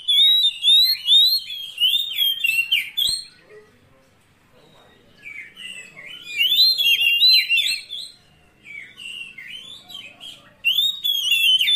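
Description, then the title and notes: Oriental magpie-robin delivering loud whistled phrases and scratchy twitters, with softer, subdued stretches between the loud passages. Long-duration fill-in (isian) song of kacer, meant to get the bird singing vigorously (gacor) day and night. "Kacer Jadi Gacor Siang Malam. Isian Kacer Durasi Panjang"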